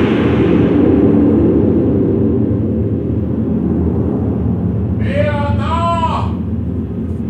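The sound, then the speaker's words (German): A heavy storm roars throughout, with deep, continuous thunder-like rumbling that stays loud the whole time; near the end a brief wavering, rising howl cuts through the noise. “Schämt euch, ihr Stürme!”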